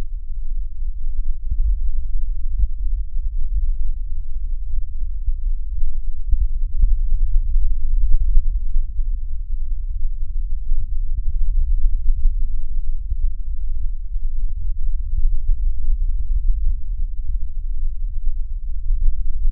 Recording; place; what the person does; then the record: lung sounds by stethoscope; left anterior apical chest; quiet breathing, then deep breathing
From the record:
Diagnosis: COPD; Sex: male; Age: 77 years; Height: 164 cm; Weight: 58.2 kg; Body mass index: 21.6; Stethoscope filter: bell mode